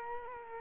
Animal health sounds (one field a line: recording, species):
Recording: mosquito wingbeat signal from an infrared sensor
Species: Culex quinquefasciatus